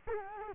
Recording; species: mosquito wingbeat signal from an infrared sensor; Culex quinquefasciatus